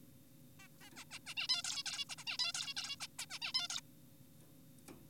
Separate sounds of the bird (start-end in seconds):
0.60-0.68, 0.81-0.90, 0.96-1.04, 1.11-1.19, 1.26-1.34, 1.37-1.48, 1.49-1.62, 1.64-1.83, 1.86-2.05, 2.10-2.16, 2.18-2.24, 2.27-2.38, 2.39-2.52, 2.55-2.74, 2.77-2.96, 3.00-3.07, 3.19-3.26, 3.30-3.39, 3.42-3.52, 3.54-3.68, 3.70-3.81